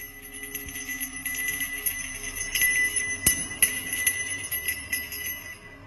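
A bell hanging on a wooden post rings in bright, repeated peals, its high metallic tones sustaining and shimmering over a steady hum, with a few sharper strikes standing out along the way.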